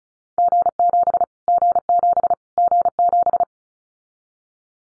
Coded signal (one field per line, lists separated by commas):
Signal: Morse code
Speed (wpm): 34 wpm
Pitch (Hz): 700 Hz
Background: none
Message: G7 G7 G7